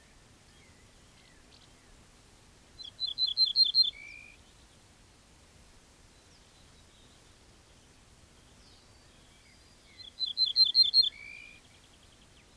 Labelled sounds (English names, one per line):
Ortolan Bunting song